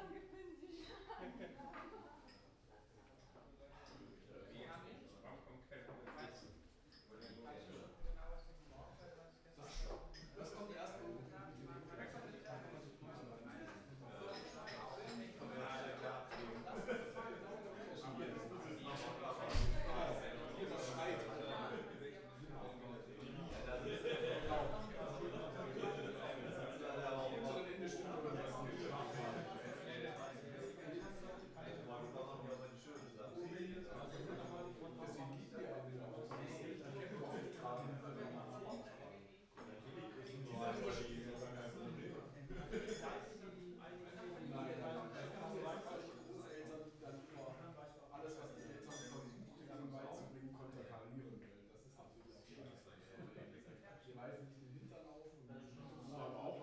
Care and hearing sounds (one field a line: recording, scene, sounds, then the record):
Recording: everyday scene through a hearing-aid microphone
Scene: many people talking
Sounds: many voices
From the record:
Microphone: behind the ear, right, front